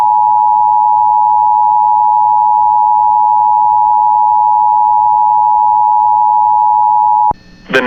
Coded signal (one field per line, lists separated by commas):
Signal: Emergency Alert System (SAME) tones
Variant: 853 and 960 Hz attention tone